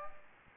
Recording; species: mosquito wingbeat signal from an infrared sensor; Aedes aegypti